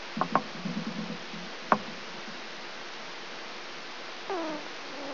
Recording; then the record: brain microelectrode recording played as sound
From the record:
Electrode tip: outside the subthalamic nucleus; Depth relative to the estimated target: -6 mm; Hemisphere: right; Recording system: AlphaMap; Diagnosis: Parkinson's disease